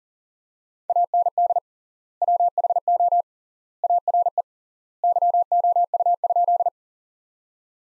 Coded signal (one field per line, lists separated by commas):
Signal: Morse code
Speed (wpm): 40 wpm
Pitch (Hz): 700 Hz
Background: none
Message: AND WHO ARE YOU?